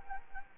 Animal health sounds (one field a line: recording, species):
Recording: mosquito wingbeat signal from an infrared sensor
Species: Anopheles arabiensis